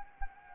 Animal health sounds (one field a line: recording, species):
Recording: mosquito wingbeat signal from an infrared sensor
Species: Anopheles arabiensis